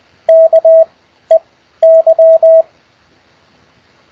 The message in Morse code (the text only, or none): KEY